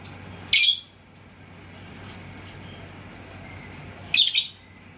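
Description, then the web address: Lovebird giving two harsh, high chirps three and a half seconds apart, with faint thin whistles between. "love-bird suara-lovebird-paud"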